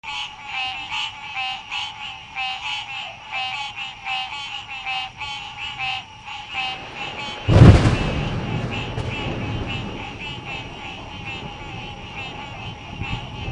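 Frog giving a fast run of short, pulsed croaks with a rough, buzzy tone, broken by a loud thump partway through before quieter calling resumes.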